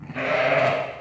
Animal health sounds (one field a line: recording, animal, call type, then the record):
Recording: contact call of a hoofed animal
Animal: sheep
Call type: low-frequency (closed-mouth) or high-frequency (open-mouth) call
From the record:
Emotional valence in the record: negative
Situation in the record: short social isolation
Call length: 1.02 s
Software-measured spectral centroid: 1700 Hz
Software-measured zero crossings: 2160 a second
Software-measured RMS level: -23 dBFS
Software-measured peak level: -7 dBFS